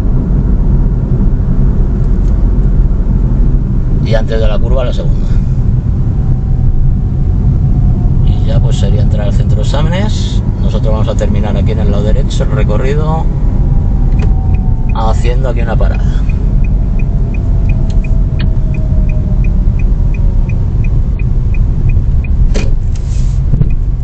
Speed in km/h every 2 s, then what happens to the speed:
38, 35, 26, 24, 26, 27, 27, 23, 22, 20, 17, 14.
0-4 slows to 26. 4-12 steady at about 26. 12-24 slows to 14.